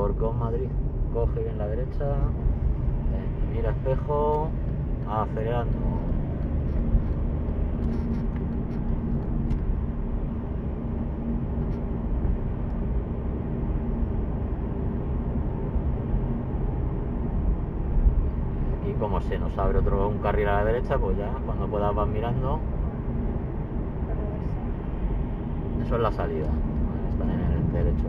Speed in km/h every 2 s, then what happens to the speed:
40, 39, 41, 44, 48, 58, 65, 63, 66, 72, 75, 74, 75, 76.
0-11 speeds up to 65. 14-20 speeds up to 75. 20-28 steady at about 75.